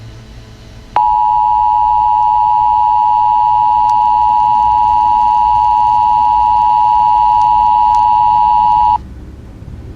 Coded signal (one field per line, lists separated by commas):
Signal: Emergency Alert System (SAME) tones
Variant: 853 and 960 Hz attention tone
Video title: EAS Scenario Chuck E Cheese Incident Remastered